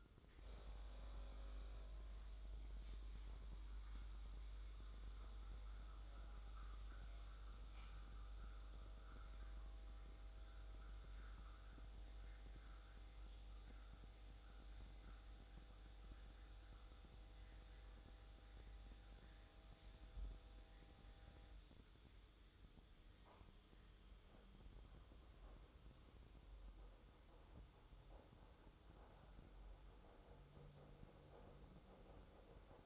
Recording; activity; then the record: daily activity, microphone in the room; make coffee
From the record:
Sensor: 3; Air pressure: 995.0 hPa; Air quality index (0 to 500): 73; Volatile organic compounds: 4 ppm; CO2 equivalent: 1703 ppm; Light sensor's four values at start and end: 16/48/20/17 and 16/48/20/17